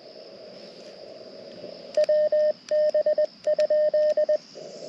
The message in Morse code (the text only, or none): WB?